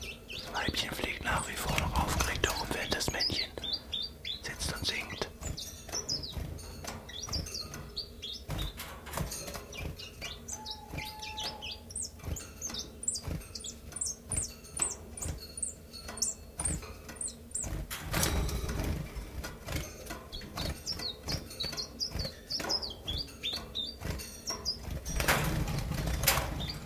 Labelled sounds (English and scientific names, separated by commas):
Common Chiffchaff (Phylloscopus collybita)